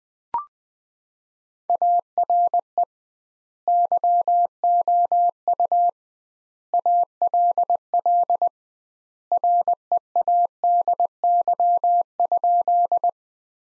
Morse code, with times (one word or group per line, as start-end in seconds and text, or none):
1.7-2.8 ARE
3.7-5.9 YOU
6.7-8.5 ALL
9.3-13.1 READY?